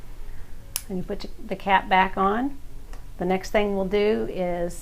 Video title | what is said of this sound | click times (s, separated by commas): KNN - How to Guide: Glucose Monitor - Kelsey-Seybold Clinic | and you push the drum of needles in to the lancing device until it clicks into place and | 0.8 s